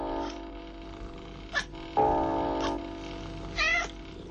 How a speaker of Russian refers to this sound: Черная кошечка брызка ласкается и мягко мурлычет, но не трогают Оленьку эти кошачьи ласки.